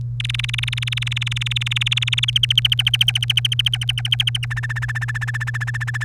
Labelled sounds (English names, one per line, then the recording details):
Domestic Canary song
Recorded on 1 May 2018 at 07:45
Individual llb3